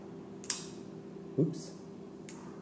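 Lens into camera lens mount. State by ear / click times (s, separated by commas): seated / 2.3 s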